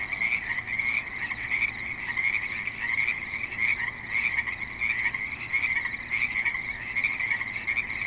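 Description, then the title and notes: Frogs calling together, rough croaks repeated around every two-thirds of a second, overlapping, with a soft constant background hum. Frogs at a creek in Spanish Springs, Nevada, USA, in a suburban setting. "Frogs in Spanish Springs, NV - creek view. Frogs with light traffic and other suburban sounds"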